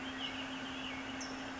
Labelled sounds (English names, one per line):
California Towhee